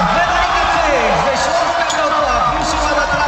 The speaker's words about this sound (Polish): Prosimy o pięknie brawa!